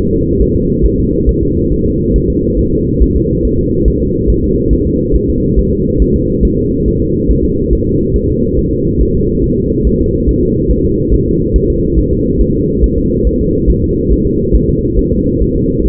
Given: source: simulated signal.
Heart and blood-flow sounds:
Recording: fetal heart sounds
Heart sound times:
0.13 s: S2
0.42 s: S1
0.56 s: S2
0.86 s: S1
1.00 s: S2
1.29 s: S1
1.43 s: S2
1.72 s: S1
1.86 s: S2
2.16 s: S1
2.30 s: S2
2.59 s: S1
2.73 s: S2
3.02 s: S1
3.16 s: S2
3.45 s: S1
3.59 s: S2
3.88 s: S1
4.02 s: S2
4.30 s: S1
4.44 s: S2
4.73 s: S1
4.87 s: S2
5.16 s: S1
5.30 s: S2
5.59 s: S1
5.73 s: S2
6.02 s: S1
6.16 s: S2
6.45 s: S1
6.59 s: S2
6.88 s: S1
7.02 s: S2
7.31 s: S1
7.45 s: S2
7.73 s: S1
7.87 s: S2
8.16 s: S1
8.30 s: S2
8.59 s: S1
8.73 s: S2
9.02 s: S1
9.16 s: S2
9.44 s: S1
9.58 s: S2
9.87 s: S1
10.01 s: S2
10.29 s: S1
10.43 s: S2
10.71 s: S1
10.85 s: S2
11.14 s: S1
11.28 s: S2
11.56 s: S1
11.70 s: S2
11.99 s: S1
12.13 s: S2
12.41 s: S1
12.55 s: S2
12.84 s: S1
12.98 s: S2
13.27 s: S1
13.41 s: S2
13.70 s: S1
13.84 s: S2
14.12 s: S1
14.26 s: S2
14.55 s: S1
14.69 s: S2
14.99 s: S1
15.13 s: S2
15.42 s: S1
15.56 s: S2
15.86 s: S1
From the record:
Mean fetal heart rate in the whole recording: 140 bpm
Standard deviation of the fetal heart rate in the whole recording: 2 bpm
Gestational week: 34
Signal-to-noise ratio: -14.7 dB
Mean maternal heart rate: 72 bpm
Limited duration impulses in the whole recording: present

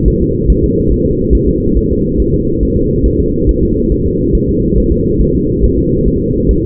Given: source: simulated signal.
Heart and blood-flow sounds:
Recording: fetal heart sounds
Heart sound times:
0.08 s: S1
0.22 s: S2
0.50 s: S1
0.64 s: S2
0.92 s: S1
1.06 s: S2
1.35 s: S1
1.49 s: S2
1.77 s: S1
1.91 s: S2
2.20 s: S1
2.34 s: S2
2.63 s: S1
2.77 s: S2
3.06 s: S1
3.20 s: S2
3.49 s: S1
3.63 s: S2
3.92 s: S1
4.06 s: S2
4.35 s: S1
4.49 s: S2
4.78 s: S1
4.92 s: S2
5.21 s: S1
5.35 s: S2
5.64 s: S1
5.78 s: S2
6.08 s: S1
6.22 s: S2
6.51 s: S1
6.65 s: S2
From the record:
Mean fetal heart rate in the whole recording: 140 bpm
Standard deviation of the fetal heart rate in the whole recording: 2 bpm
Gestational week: 34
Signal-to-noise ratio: -14.7 dB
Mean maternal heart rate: 72 bpm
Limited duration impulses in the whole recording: present

